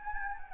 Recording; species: mosquito wingbeat signal from an infrared sensor; Anopheles gambiae